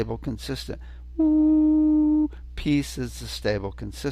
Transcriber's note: humming